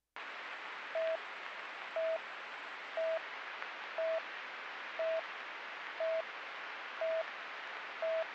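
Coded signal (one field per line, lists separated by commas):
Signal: none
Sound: radio channel alert beeps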